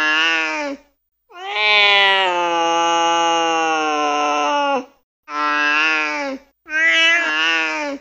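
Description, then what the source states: Cat yowling aggressively in harmonic wails: a short one, then one lasting over three seconds, then two shorter wavering cries, separated by brief silent gaps. Aggressive cat, growling and hissing.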